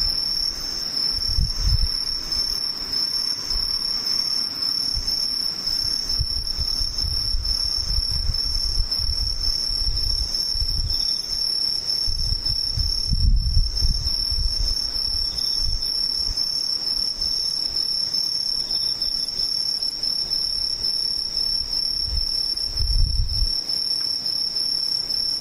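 Insects chirr without pause, a bright, even trill held high and steady through the whole recording, with a fainter shrill layer above it. Low rumbling thumps rise and fall underneath, strongest near 1–2, 13 and 23 seconds.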